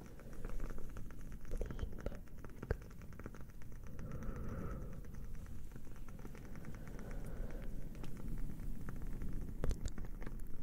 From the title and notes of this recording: Cozy fire sounds, crackling candle.